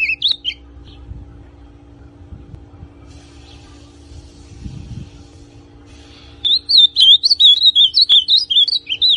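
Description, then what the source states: Ultramarine grosbeak: a short fragment of warbled notes at the start, a long quiet gap with faint rumbling, then a fast phrase of slurred whistles. Classic song style, original.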